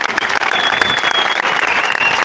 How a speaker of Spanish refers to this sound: Y otra cosa, quiero agradecerles y un fuerte aplauso para ustedes, porque gracias por venir y gracias por estar acá y apoyándonos todos juntos.